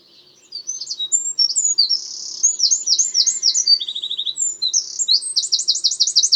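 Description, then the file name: Eurasian wren song: a loud, very high rush of quick twittering notes and buzzy trills, pouring out almost without pause for about six seconds. "Troglodytes troglodytes"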